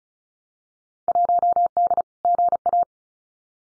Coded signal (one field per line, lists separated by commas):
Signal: Morse code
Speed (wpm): 36 wpm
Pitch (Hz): 700 Hz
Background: none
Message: 1D GA